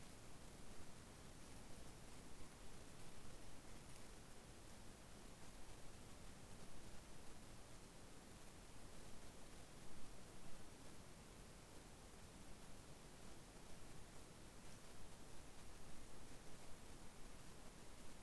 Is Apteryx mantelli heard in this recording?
no